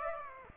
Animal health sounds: mosquito wingbeat signal from an infrared sensor; Aedes aegypti

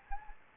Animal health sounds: mosquito wingbeat signal from an infrared sensor; Anopheles gambiae

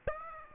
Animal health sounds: mosquito wingbeat signal from an infrared sensor; Aedes aegypti

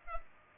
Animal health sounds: mosquito wingbeat signal from an infrared sensor; Culex pipiens

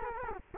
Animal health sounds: mosquito wingbeat signal from an infrared sensor; Culex quinquefasciatus

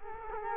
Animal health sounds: mosquito wingbeat signal from an infrared sensor; Culex quinquefasciatus

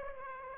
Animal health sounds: mosquito wingbeat signal from an infrared sensor; Aedes aegypti

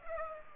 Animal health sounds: mosquito wingbeat signal from an infrared sensor; Culex pipiens

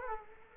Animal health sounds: mosquito wingbeat signal from an infrared sensor; Culex quinquefasciatus

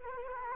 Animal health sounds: mosquito wingbeat signal from an infrared sensor; Culex quinquefasciatus

